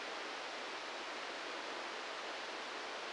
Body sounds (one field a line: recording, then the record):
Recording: brain microelectrode recording played as sound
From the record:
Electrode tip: inside the subthalamic nucleus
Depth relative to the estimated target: 0 mm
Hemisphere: right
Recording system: NeuroSet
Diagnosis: Parkinson's disease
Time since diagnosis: 8 years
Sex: male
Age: 58 years